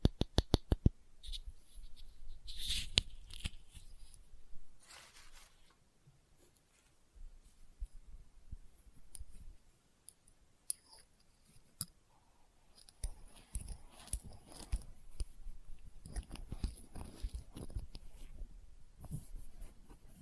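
Experimental triggers in test tubes: sharp clicks and taps open, then scattered rustles, scrapes and soft knocks, busier and denser toward the end.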